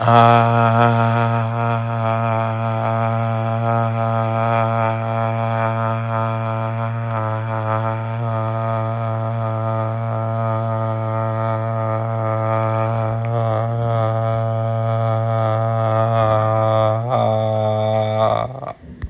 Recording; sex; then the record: sustained vowel /a/; male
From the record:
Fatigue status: no fatigue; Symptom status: asymptomatic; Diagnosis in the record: COVID-19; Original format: m4a